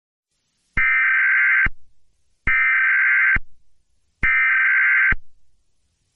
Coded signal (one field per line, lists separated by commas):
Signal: Emergency Alert System (SAME) tones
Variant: header bursts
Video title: eas scenario catemojibabyheat part 110 Three as grounded in train